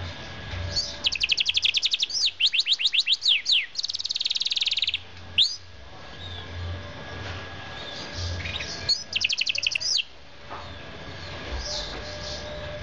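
Bird song in rapid bursts of high descending chirps and a buzzy trill, pausing, then another short chirping burst, with steady low background noise.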